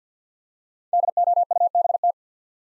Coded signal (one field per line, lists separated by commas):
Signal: Morse code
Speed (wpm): 48 wpm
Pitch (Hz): 700 Hz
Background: none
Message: DOUBT